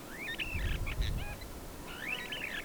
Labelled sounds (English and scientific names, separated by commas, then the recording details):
Superb Starling (Lamprotornis superbus) flight call
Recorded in Kenya